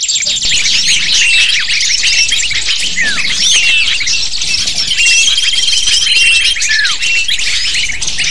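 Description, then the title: Lovebirds chattering as a flock, dense shrill chirps and squeaks overlapping continuously, with a few longer thin whistled notes. Lure call to attract lovebirds. "PIKAT BURUNG LOVEBIRD"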